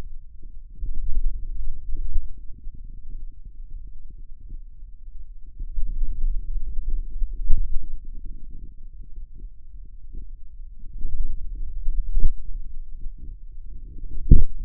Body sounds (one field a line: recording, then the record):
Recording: forearm muscle sounds (acoustic myography)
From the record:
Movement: pen grasping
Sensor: system 2, bracelet of six BSWA MPA416 microphones around the upper forearm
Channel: 6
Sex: male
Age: 22 years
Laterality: right